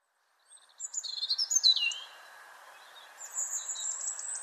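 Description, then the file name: European robin delivering a quick, sparkling phrase of high warbles and a falling whistle, then a thin sustained high note, against faint hiss. "Erithacus rubecula"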